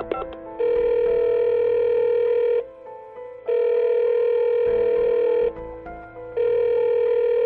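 A phone's ringback tone sounds while a call connects: steady, slightly buzzy tonal bursts about two seconds long, separated by short gaps, repeating three times with no voices.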